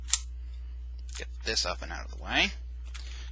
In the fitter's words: bring it all the way around and just clip it into here